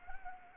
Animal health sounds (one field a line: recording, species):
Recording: mosquito wingbeat signal from an infrared sensor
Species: Anopheles arabiensis